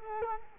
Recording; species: mosquito wingbeat signal from an infrared sensor; Culex quinquefasciatus